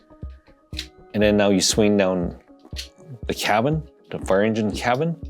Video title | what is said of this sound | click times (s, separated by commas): Protectobots Final Transformation: Streetwise & The "Massive" Motorcycle | otherwise it doesn't lock in place. | 0.8 s